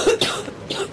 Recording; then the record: coughing mixed with background sound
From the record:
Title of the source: 30 Chesty and wet cough